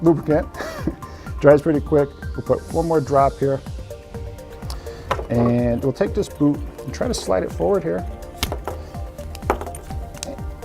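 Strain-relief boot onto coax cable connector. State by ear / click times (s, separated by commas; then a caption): seated / 9.5 s. A rubber strain-relief boot, helped by a drop of lubricant, is slid forward along an LMR-400 coax cable until it locks solidly onto the back of the crimped connector. Someone talks over music, with a few short taps and scrapes as the boot moves. A sharp snap at 9.5 s marks the boot seating in place.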